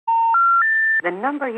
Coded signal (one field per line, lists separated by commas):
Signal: telephone call progress tone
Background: speech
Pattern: special information tone